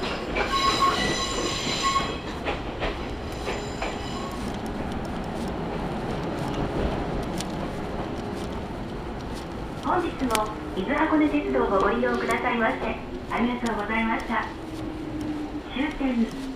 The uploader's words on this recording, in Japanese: 伊豆箱根鉄道 大場→三島 東海道本線 三島→沼津。大場までくると日が西に傾きはじめて予想以上に冷えてきました。